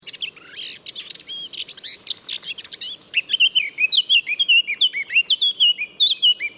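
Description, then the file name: Eurasian blackcap song, beginning with dense buzzy chatter and shifting halfway into repeated clear, looping whistled phrases. "Sylvia atricapilla"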